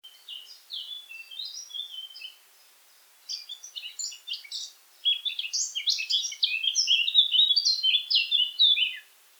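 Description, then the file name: Eurasian blackcap song: a quiet, hurried warble of scratchy notes, a brief pause, then a louder, fast flourish of bright, varied twittering notes. "Sylvia atricapilla"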